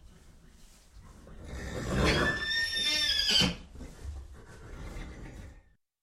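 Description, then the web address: Horse neighing: a loud, harsh, shaky whinny in the middle, with quieter noisy sounds before and after. Horse frightened and nervous. "son dun cheval effraye et nerveux"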